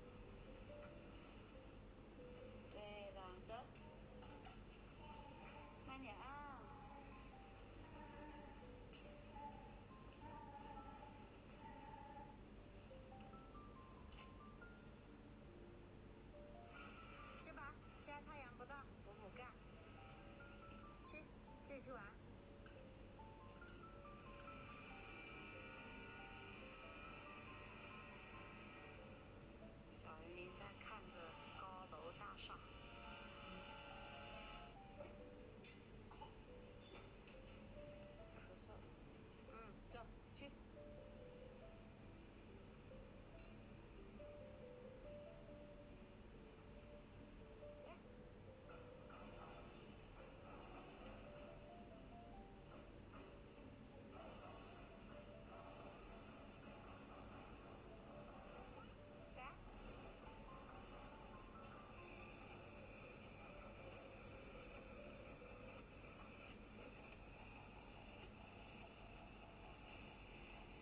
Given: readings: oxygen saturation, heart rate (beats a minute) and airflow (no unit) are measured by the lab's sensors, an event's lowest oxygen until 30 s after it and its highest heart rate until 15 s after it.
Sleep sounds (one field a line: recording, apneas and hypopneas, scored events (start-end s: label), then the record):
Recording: a person awake in a sleep study, by a voice recorder at the bedside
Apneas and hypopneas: none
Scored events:
0.00-70.82 s: awake
From the record:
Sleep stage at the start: awake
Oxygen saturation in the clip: 95 to 96%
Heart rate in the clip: 76 to 82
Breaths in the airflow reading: 17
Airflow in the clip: -3.7 to 4.9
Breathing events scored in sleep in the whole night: 131 in 7.2 hours asleep